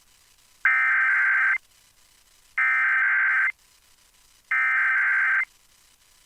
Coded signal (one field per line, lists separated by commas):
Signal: Emergency Alert System (SAME) tones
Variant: header bursts